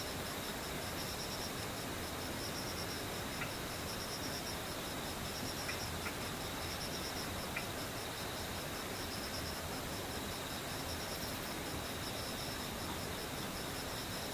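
Insects buzz and trill in a steady, high chorus, with faint pulsing bands that carry through the whole recording. Underneath runs a constant low rumble like traffic or machinery, and a few soft ticks come through around the middle.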